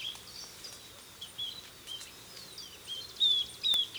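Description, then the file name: Southern beardless tyrannulet giving a few sparse, high descending whistles, louder toward the end, against a soft background hiss. "Camptostoma obsoletum - Southern Beardless Tyrannulet"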